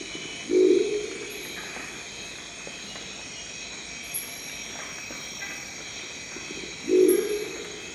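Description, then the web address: Crested owl call: two short, low, gruff notes about six seconds apart, with steady insect-like hiss throughout. "Crested owl. صدای-جغد-کاکلی"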